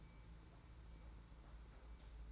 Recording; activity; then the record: daily activity, microphone in the room; take from stove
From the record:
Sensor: 3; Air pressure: 991.9 hPa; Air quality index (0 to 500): 227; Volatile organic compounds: 1000 ppm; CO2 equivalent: 7812 ppm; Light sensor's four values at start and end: 25/75/31/26 and 25/75/31/26